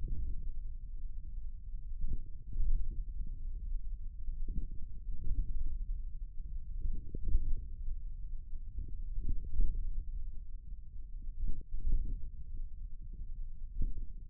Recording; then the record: forearm muscle sounds (acoustic myography)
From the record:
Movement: thumb flexion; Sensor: system 1, eight BSWA MPA416 microphones around the upper forearm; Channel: 5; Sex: male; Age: 41 years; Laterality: right